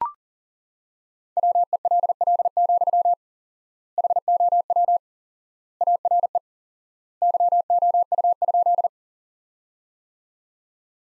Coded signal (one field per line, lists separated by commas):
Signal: Morse code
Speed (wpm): 37 wpm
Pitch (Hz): 700 Hz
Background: none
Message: WELL, HOW ARE YOU?